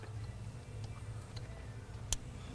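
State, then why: Seated. A male plastic wiring connector on an aFe Scorcher tuner module harness (#77-43003) is pushed into its female mate on the TMAP sensor plug of a 2013 Ford F-150 EcoBoost. Over a low, steady hum there is a faint tick near 1.4 s, then a sharp, loud click at 2.1 s as the connector seats.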